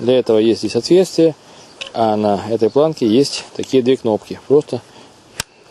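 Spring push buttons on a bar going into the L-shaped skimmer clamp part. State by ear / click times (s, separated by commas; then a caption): seated / 5.4 s. Someone talks while pressing the spring push buttons on a plastic bar so the bar slides into the L-shaped part of a skimmer clamp. A sharp, short click at 5.4 s, in a pause in the speech, marks a spring button clicking into the bar hole and the bar seating.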